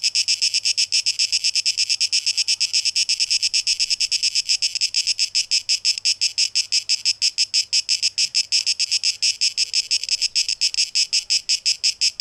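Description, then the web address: Cicada song: a steady, high, rasping buzz broken into quick regular pulses, several per second, running without pause. Cicadas, tape echo mix, 12 August 2023. "rauschpartikel Audio 2023-08-12 Zikaden"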